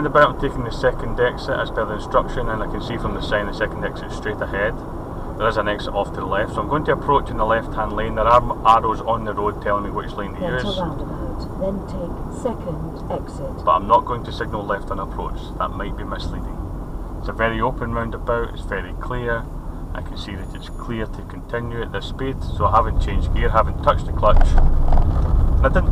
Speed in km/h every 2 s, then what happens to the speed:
48, 48, 47, 47, 44, 40, 37, 34, 31, 27, 24, 23, 24.
0-6 steady at about 47. 6-20 slows to 24. 20-26 steady at about 24.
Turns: none.